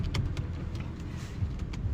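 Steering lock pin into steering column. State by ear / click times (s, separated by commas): not seated / none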